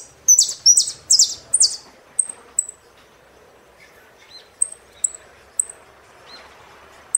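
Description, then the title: Saffron finch song: opens with four loud, buzzy descending phrases in quick succession, then trails into scattered high thin chips. "Jilguero Argentino"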